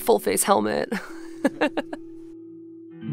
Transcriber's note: laughter